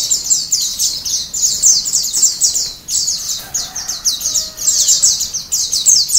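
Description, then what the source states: White-eye singing a fast, high, chattering warble of short sweeping notes in dense bursts, barely pausing, over a soft background hiss. Ombyokan song style; recording used as a training song (masteran).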